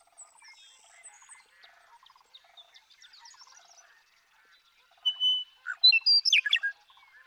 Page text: The joy of western meadowlark songs. Come along with me to Sierra Valley in eastern California where, during 2018, I just couldn't get enough of them